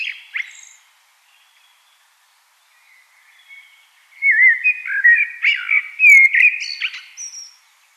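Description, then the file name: Common blackbird singing: a brief note at the start, a quiet pause, then a long rich warbled phrase topped with high squeaky twitters. "Turdus merula"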